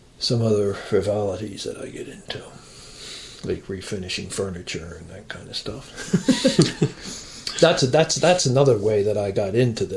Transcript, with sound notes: some other frivolities that I get into, like refinishing furniture and that kind of stuff. [laughs] That's another way that I got into this.